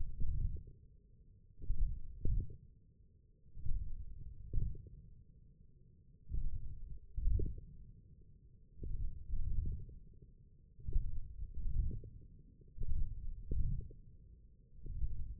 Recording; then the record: forearm muscle sounds (acoustic myography)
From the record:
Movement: wrist extension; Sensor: system 1, eight BSWA MPA416 microphones around the upper forearm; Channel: 4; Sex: male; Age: 20 years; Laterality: left